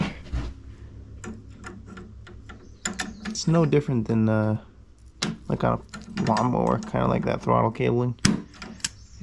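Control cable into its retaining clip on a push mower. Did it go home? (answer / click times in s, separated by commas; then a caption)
yes / 8.9 s. A throttle-style control cable on an old Craftsman push mower is pressed into its retaining clip or bracket while someone talks, with scattered small knocks and handling clicks along the way. It snaps into place with a sharp click at 8.9 s and is seated.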